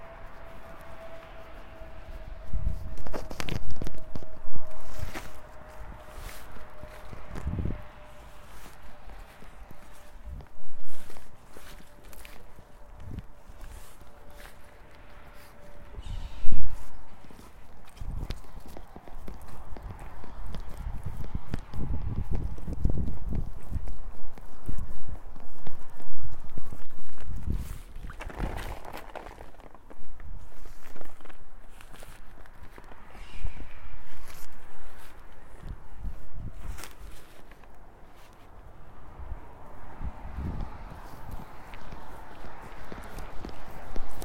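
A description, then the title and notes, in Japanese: Footsteps walk along outdoors on a morning path toward a seedling greenhouse, crunching at a steady pace throughout. A thin, steady tone hums in the first sixteen seconds, a sharper knock lands around sixteen seconds, and faint chirps sit in the background. 朝、苗ハウスまで歩いていく。鳥の囀りが聞こえる中、苗ハウスまで歩いて行きます。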